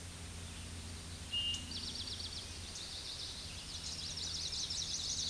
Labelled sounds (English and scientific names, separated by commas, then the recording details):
Eastern Towhee (Pipilo erythrophthalmus) song
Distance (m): 60 m
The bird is about 5 m above the microphone
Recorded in a Pennsylvania forest on 16 May 2024 at 08:08
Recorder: AudioMoth, point MSD-2163
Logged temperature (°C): 16.1 °C
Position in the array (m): 182 m, 193 m